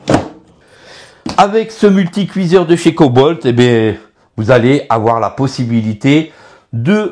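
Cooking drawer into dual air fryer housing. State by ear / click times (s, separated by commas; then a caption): seated / 0.1 s. An air fryer basket drawer is pushed to the back of a Cobolt talking, touch-controlled double multicooker (a dual air fryer) until it latches with a short click at 0.1 s. The drawer is seated and shut, and then someone talks.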